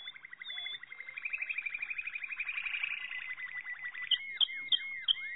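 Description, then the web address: Malinois canary song with a smooth, even rolling trill that swells, then a few sharp drooping chirps. "~joaopt canarios racas canto malinoisv"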